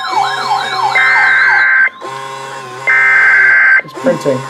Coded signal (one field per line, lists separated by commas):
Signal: Emergency Alert System (SAME) tones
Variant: header bursts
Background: speech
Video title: Flash Flood Warning for Suffolk County NY (EAS #1,610)